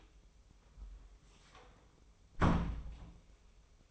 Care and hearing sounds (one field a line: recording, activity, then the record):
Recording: daily activity, microphone in the room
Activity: close door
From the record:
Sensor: 1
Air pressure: 1005.0 hPa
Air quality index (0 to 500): 91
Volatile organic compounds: 2 ppm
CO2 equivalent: 1244 ppm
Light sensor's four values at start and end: 10/25/10/10 and 10/24/9/10